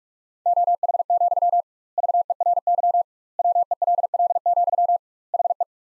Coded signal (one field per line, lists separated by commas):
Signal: Morse code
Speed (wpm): 48 wpm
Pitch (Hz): 700 Hz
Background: none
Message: OH, VERY WELL, HE